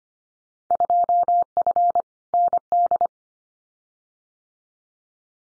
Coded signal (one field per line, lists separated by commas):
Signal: Morse code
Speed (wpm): 25 wpm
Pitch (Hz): 700 Hz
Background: none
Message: 2F ND